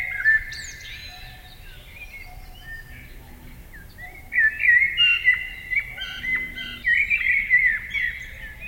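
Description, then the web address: Eurasian blackbird song: mellow fluting phrases, a quieter opening then louder warbled strophes with squeaky high notes. Recorded in summer. "Yle. Luontovuosi kesa mustarastas"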